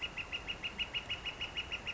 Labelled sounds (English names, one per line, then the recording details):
Northern Flicker
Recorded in Sonoma County, California